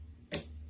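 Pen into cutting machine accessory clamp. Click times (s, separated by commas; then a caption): 0.3 s. A pen is pushed down into the open accessory clamp of a Cricut Maker cutting machine, producing a single sharp click at 0.3 s over a faint, steady low hum. The pen is seated in the holder.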